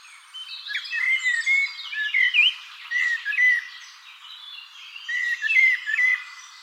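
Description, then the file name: Common blackbird singing a run of mellow whistled phrases that slur up and down, with thin scratchy twittering, almost continuous throughout. "Turdus merula"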